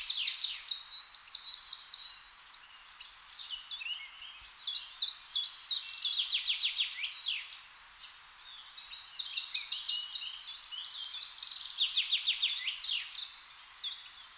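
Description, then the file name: Eurasian wren singing fast, shrill, rattling trills and crisp repeated notes in two loud outbursts, with softer similar phrases filling the pause between them. "Troglodytes troglodytes"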